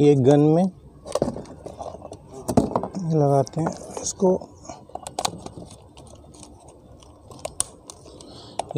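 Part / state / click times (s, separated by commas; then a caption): high-pressure hose into pressure washer spray gun / seated / 7.6 s. Someone talks, then a high-pressure hose is pushed into the plastic coupling of a Bosch Easy Aquatak 120 pressure washer spray gun amid light handling clatter and taps. A sharp click at 7.6 s marks the hose seating in the gun, which is now ready.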